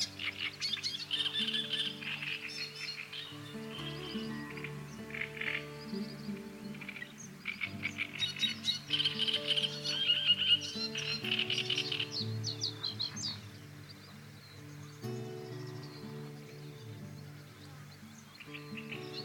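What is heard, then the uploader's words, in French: Calm forest music with birdsong: soft sustained low tones and gentle melodic notes, while bright bird chirps and trills come and go throughout. La MUSIQUE Calme de la FORÊT et le CHANT DES OISEAUX.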